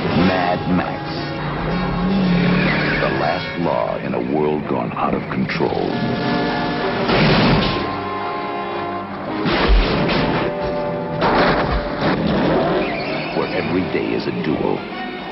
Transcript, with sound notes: Mad Max, the last law in a world gone out of control...
(SOUNDBITE OF CARS CRASHING)
...Where every day is a duel,